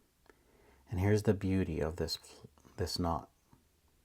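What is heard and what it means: A Pitzen (16/20) knot in monofilament fishing line is being tightened down onto the eye of a fly hook while someone talks, with a faint tick near the start. Nothing has seated or clicked yet; the knot has not cinched home against the hook eye.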